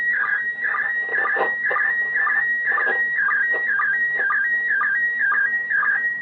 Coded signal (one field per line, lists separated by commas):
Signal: SSTV (slow-scan television)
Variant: PD 120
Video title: ISS SSTV HAM RADIO SIGNAL ON 145.800 MHZ